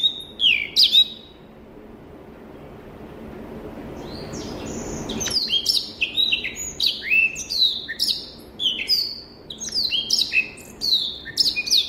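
Rüppell's warbler song, an opening burst of sharp notes, a quiet gap with hiss, then a long lively string of fast whistled swoops and ticking clicks.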